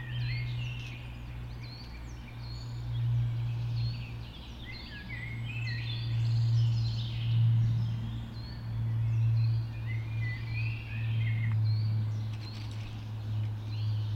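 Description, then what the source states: Birds in a dawn chorus, several high twittering and whistled phrases overlapping, over a steady low droning hum that swells and fades. Dawn chorus recorded just after dawn in the Forest of Dean.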